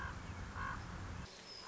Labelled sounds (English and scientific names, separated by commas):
Common Raven (Corvus corax)